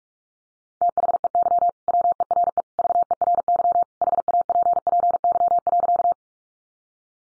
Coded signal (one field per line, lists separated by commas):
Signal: Morse code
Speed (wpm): 44 wpm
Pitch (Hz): 700 Hz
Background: none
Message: THEY WERE VERY HAPPY.